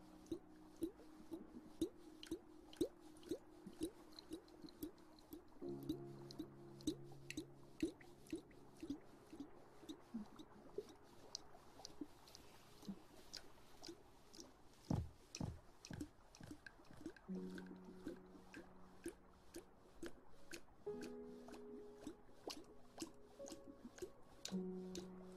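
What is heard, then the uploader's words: Wet squishing and dripping sounds, like water worked by hands right by the ear, with quick crisp clicks and pops coming densely throughout. Low steady humming tones rise underneath at times, around six, seventeen and twenty-one seconds. TimASMR- Ear Massage Water Sounds.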